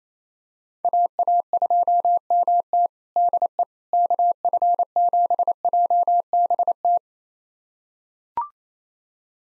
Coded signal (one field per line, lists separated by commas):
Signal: Morse code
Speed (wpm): 27 wpm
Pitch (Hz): 700 Hz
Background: none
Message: AA2MT DE KF7JBT